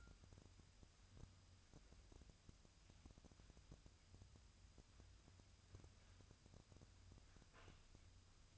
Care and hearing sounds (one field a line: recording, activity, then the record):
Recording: daily activity, microphone in the room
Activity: wipe stove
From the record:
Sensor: 2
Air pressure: 1004.6 hPa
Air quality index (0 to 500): 75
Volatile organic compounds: 1 ppm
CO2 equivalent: 887 ppm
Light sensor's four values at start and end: 7/16/6/7 and 7/16/6/7